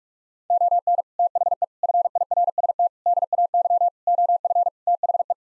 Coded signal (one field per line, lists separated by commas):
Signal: Morse code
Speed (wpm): 46 wpm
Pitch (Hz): 700 Hz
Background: none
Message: ON THE FIRST DAY OF THE